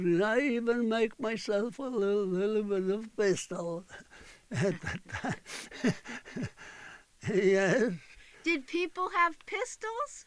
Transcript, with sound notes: I even make myself a little bit of a pistol. (he laughs) Yes.
Did people have pistols?